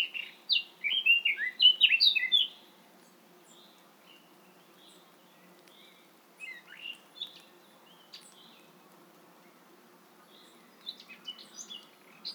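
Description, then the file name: Eurasian blackcap gives a loud burst of tumbling warbled notes for a couple of seconds, then only scattered soft twittering phrases follow at intervals. "Sylvia atricapilla"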